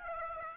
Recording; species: mosquito wingbeat signal from an infrared sensor; Aedes aegypti